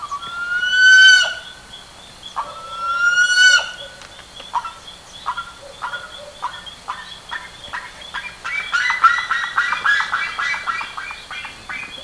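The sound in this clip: Bird calls: two loud, drawn-out harmonic cries, then a series of short notes building into busy chattering toward the end.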